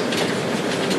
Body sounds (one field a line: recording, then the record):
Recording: background sound without coughing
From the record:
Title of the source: Office Sounds Ambience - Background Noise for Study and Work